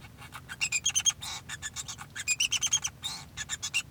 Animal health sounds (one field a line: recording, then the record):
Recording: song of a male Bengalese finch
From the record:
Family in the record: son of father 2